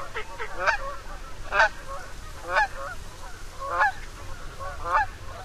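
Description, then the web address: Canada goose honking: loud honks repeated about once a second, with several birds overlapping. "Songs of Birds of North America Know Your Bird Sounds. Canada Goose"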